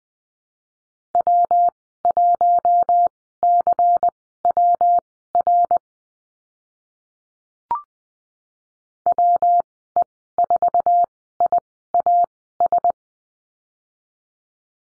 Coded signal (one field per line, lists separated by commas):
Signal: Morse code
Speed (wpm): 20 wpm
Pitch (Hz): 700 Hz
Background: none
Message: W1CWR WE4IAS